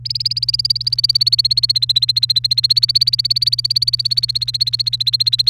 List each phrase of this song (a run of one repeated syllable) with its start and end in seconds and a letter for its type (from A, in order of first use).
0.05-5.50 A